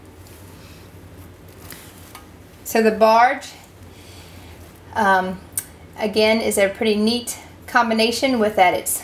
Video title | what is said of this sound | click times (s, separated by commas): Kershaw Barge 1945 - video demo | push this open and then you hear it lock into place | 1.7 s, 2.1 s